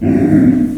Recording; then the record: squeal of a Yucatan mini pig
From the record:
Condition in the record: after surgery on the right vocal fold (resection and tissue-engineered implant); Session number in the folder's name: 4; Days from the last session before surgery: 26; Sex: female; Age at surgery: 19 weeks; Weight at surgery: 25 kg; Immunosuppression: prednisolone